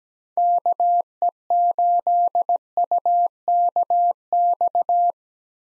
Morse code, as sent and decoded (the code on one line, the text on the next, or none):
-.- . ---.. ..- -.- -..-
KE8UKX